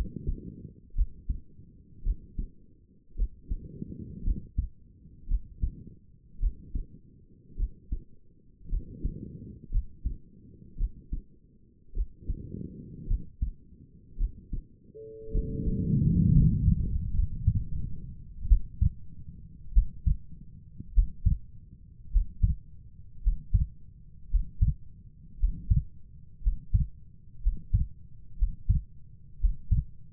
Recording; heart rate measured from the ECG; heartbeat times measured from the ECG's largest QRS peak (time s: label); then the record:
heart sounds by stethoscope; 55 bpm
0.96 s: heartbeat
2.04 s: heartbeat
3.17 s: heartbeat
4.24 s: heartbeat
5.28 s: heartbeat
6.40 s: heartbeat
7.57 s: heartbeat
8.70 s: heartbeat
9.72 s: heartbeat
10.78 s: heartbeat
11.94 s: heartbeat
13.08 s: heartbeat
14.18 s: heartbeat
15.32 s: heartbeat
16.32 s: heartbeat
17.14 s: heartbeat
18.47 s: heartbeat
19.73 s: heartbeat
20.93 s: heartbeat
22.11 s: heartbeat
23.22 s: heartbeat
24.30 s: heartbeat
25.39 s: heartbeat
26.42 s: heartbeat
27.42 s: heartbeat
28.37 s: heartbeat
29.39 s: heartbeat
From the record:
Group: healthy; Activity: rest 0-15 s, Valsalva maneuver 15-30 s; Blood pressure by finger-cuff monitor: 87/53 mmHg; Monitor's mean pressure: 64 mmHg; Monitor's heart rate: 56 bpm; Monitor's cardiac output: 4.8 L/min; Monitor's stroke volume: 88 mL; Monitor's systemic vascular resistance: 960 dyn s/cm5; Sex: female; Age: 28 years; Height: 170 cm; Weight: 77 kg